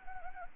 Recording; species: mosquito wingbeat signal from an infrared sensor; Anopheles arabiensis